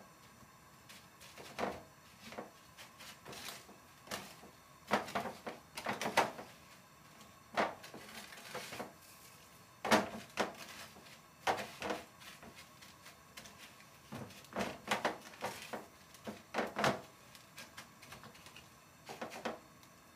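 Deep frying with a low, quiet steady background, broken about once a second by sharp crackling bursts of sputtering oil, some louder.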